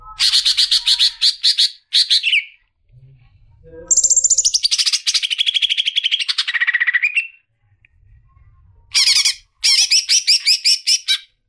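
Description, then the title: Leafbird singing in rapid chattering bursts, including a long descending buzzy run, broken by short silences with a low rumble. "CUCAK IJO"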